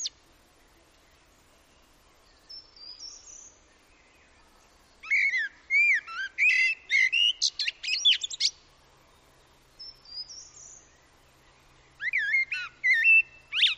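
Common blackbird song: thin high notes, then two loud phrases of fluty warbling and rapid twittering, with quiet pauses between them.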